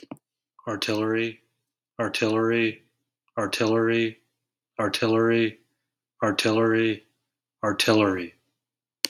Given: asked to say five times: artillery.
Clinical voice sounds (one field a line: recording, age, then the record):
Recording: repeated word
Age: 30 to 39 years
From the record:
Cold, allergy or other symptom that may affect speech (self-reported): no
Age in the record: 35 years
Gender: other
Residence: California, United States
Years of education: 16